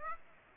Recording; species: mosquito wingbeat signal from an infrared sensor; Aedes aegypti